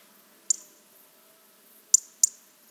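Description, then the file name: European robin giving three sharp, high ticks, one alone and then a close pair, with quiet between. "Erithacus rubecula"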